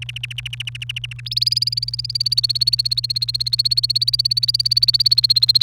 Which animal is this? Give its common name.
Domestic Canary